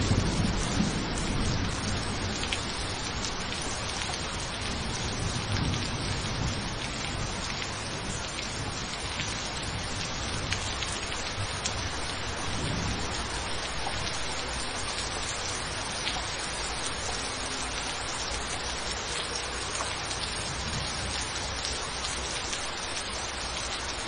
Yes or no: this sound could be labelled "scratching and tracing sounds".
no